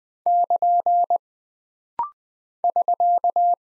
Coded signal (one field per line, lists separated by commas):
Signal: Morse code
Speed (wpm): 20 wpm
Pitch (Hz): 700 Hz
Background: none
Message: <KN> <SK>